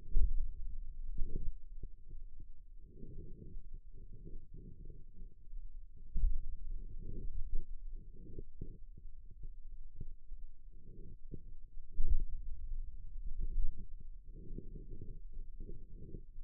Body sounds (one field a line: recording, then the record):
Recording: forearm muscle sounds (acoustic myography)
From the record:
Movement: pen grasping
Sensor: system 2, bracelet of six BSWA MPA416 microphones around the upper forearm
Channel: 4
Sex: male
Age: 22 years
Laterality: right